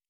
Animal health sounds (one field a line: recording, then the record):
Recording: hydrophone in a shrimp aquaculture tank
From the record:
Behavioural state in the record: normal